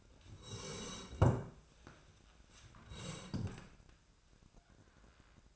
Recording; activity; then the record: daily activity, microphone in the room; sit down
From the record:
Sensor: 2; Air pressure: 1012.1 hPa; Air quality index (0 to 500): 160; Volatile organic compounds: 2 ppm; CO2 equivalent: 1175 ppm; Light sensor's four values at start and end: 71/163/76/90 and 75/167/78/91